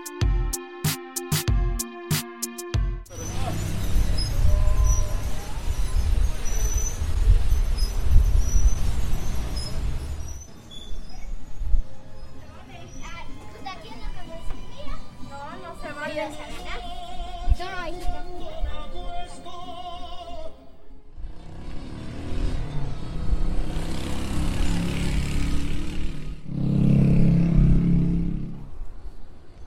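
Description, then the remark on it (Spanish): A busy street soundscape in San Francisco: a motorcycle engine revs and passes, car traffic rumbles, and a tortilla shop's machinery clatters and whirs in bursts, with brief tonal beeps and scattered background activity throughout. “Vamos a escuchar los sonidos de San Francisco: moto, carro, la tortillería y una hora.”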